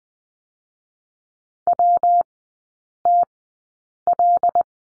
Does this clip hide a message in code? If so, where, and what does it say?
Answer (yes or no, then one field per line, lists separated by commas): yes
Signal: Morse code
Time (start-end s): 1.7-4.6 s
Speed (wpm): 19 wpm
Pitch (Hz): 700 Hz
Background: none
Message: WTL